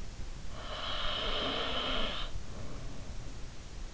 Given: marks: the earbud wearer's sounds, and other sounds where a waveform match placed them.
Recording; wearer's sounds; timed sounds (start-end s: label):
sounds in sleep by an in-ear microphone; snoring breath
0.42-3.74 s: snoring breath